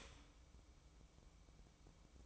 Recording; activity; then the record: daily activity, microphone in the room; start toaster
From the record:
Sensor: 1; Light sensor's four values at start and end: 8/18/7/8 and 8/18/7/8